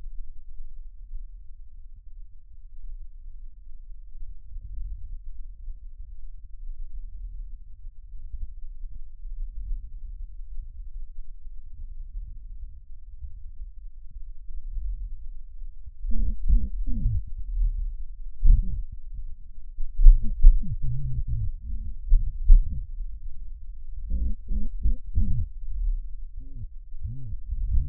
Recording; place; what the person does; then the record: lung sounds by stethoscope; trachea; quiet breathing, then cough and speech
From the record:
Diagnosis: COPD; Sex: male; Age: 70 years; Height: 170 cm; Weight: 74 kg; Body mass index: 25.6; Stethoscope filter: bell mode